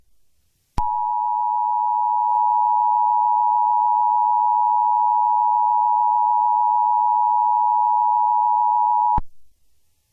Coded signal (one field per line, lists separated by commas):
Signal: Emergency Alert System (SAME) tones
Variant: 853 and 960 Hz attention tone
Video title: EAS Scenario #48: 2nd Civil War